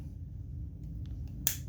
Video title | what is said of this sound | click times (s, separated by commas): spec slash build Tuesday part 3 | and you want to push them together to hear it click | 1.5 s